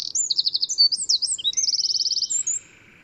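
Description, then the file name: Eurasian wren in full song: quick, high, ringing trills and sharp notes for two and a half seconds, ending abruptly. "Troglodytes troglodytes"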